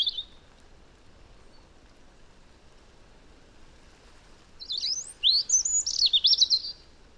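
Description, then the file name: European robin singing: a brief high note at the start, a long quiet pause, then a rapid, jumbled phrase of sharp, high twittering notes. "Erithacus rubecula"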